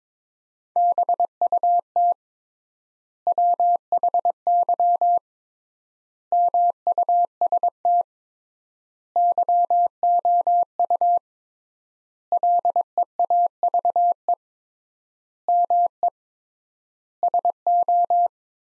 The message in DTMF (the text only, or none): none